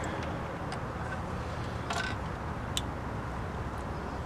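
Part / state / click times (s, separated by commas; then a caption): license plate LED wiring plug into harness connector / seated / 2.8 s. The plastic plug of an LED license plate light wiring harness on a 2024 Touring is pushed into its mating connector against a steady low background hiss, with a softer scuffing sound near 1.9 s. A sharp, brief click at 2.8 s marks the plug latching in, showing it is secure and seated.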